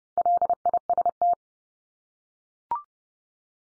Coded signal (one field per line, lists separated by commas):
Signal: Morse code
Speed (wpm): 30 wpm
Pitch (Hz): 700 Hz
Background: none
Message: LIST